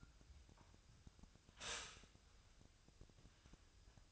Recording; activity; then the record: daily activity, microphone in the room; stop toaster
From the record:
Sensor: 2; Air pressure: 1001.8 hPa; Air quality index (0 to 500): 244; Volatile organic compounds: 36 ppm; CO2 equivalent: 3084 ppm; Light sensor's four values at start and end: 9/30/12/11 and 9/30/12/11